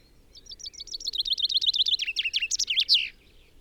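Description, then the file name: Common chaffinch singing: quick repeated chirps dropping gradually in pitch, then a loud, tumbling terminal flourish at the end of the roughly three-second phrase. "Fringilla coelebs"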